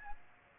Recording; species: mosquito wingbeat signal from an infrared sensor; Aedes aegypti